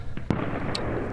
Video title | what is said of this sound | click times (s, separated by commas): Strike Industries G19 EMP Baseplate Installation | did you hear the click | 0.3 s